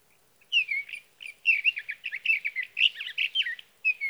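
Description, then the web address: Sage thrasher song starting after a short pause, then a fast steady chatter of warbled, slightly burry notes to the end. "birdsongforthecurious Sage Thrasher"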